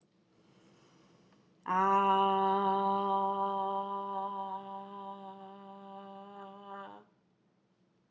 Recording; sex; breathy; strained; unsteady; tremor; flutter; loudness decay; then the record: sustained vowel /a/; female; present; absent; present; absent; absent; present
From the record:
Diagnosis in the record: healthy control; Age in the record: 60 years